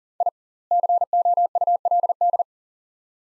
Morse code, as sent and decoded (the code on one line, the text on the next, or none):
.. / -.-. --- ..- .-.. -..
I COULD